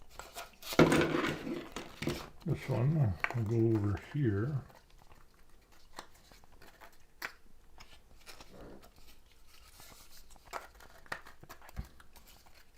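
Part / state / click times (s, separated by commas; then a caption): printed plastic axe part into mating printed piece / not seated / none. Someone talks briefly while handling a 3D-printed plastic piece of a Warhammer axe model against its mating printed part, followed by quiet plastic handling with faint scattered ticks. Nothing has seated or clicked yet; the part is not yet home when the clip ends.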